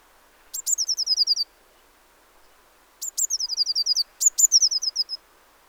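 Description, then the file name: Eurasian blue tit uttering three rapid trills of high, thin, down-slurred notes, the last two close together. "Cyanistes caeruleus"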